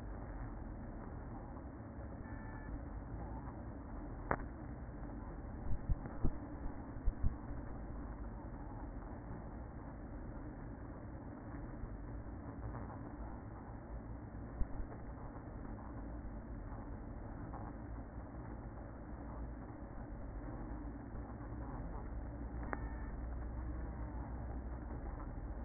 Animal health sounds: honeybee colony, microphone inside the hive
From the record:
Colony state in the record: queen present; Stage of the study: after two queens were removed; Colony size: about 60,000 bees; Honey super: yes

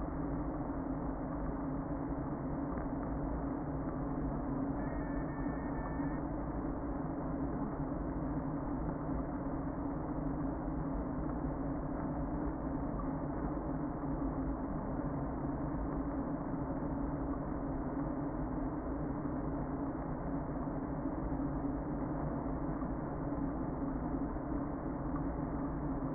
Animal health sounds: honeybee colony, microphone inside the hive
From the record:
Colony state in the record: queen present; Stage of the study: before two queens were removed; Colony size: about 60,000 bees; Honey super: yes

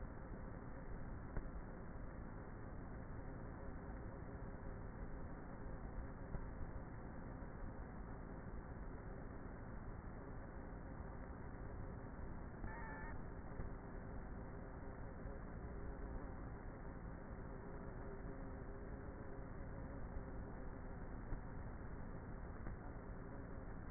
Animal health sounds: honeybee colony, microphone inside the hive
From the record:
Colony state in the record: queenless with a low population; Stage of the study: before two queens were removed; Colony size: about 30,000 bees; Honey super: no

